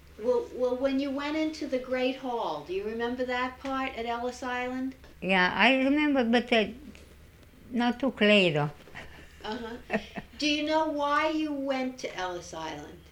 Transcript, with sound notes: Well when you went into the Great Hall, do you remember that part at Ellis Island?
Yeah, I remember but not too clear, though. (she laughs)
Uh-huh. Do you know why you went to Ellis Island?